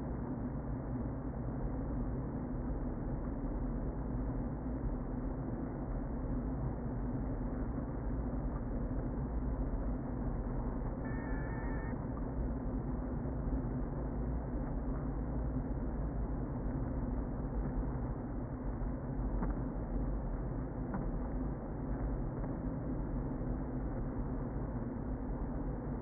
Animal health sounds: honeybee colony, microphone inside the hive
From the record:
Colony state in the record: queen present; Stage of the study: before two queens were removed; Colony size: about 60,000 bees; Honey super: yes

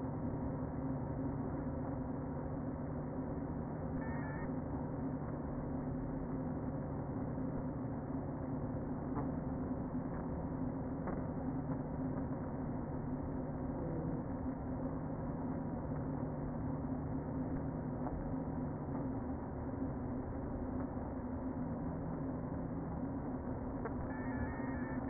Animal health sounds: honeybee colony, microphone inside the hive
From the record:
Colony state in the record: queen present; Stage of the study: before two queens were removed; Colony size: about 60,000 bees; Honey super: yes

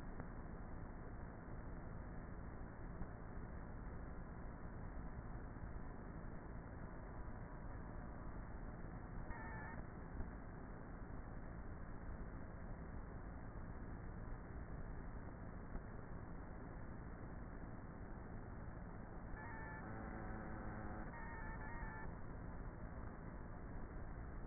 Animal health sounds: honeybee colony, microphone inside the hive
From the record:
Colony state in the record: queenless with a low population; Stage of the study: before two queens were removed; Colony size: about 30,000 bees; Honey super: no

